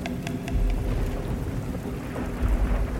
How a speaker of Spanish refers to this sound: En la otra estancia, los truenos y relámpagos se sucedieron uno tras otro una vez más.